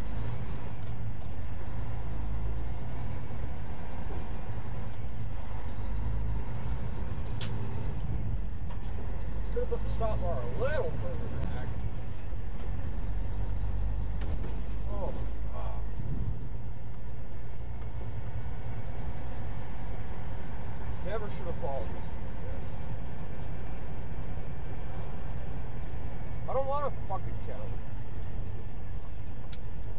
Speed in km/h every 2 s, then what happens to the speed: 11, 13, 16, 21, 26, 32, 34, 35, 40, 42, 42, 44, 42, 37, 29.
0-21 speeds up to 44. 21-30 slows to 29.